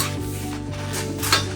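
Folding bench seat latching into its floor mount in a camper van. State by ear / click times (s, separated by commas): not seated / none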